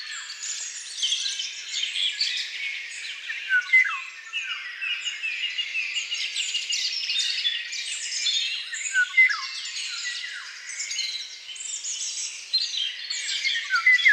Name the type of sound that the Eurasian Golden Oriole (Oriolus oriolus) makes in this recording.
song